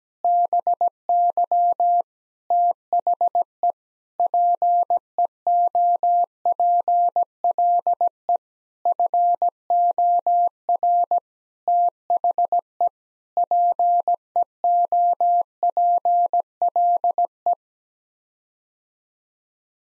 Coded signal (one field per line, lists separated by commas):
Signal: Morse code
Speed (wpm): 17 wpm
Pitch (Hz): 700 Hz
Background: none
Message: BY THE PEOPLE FOR THE PEOPLE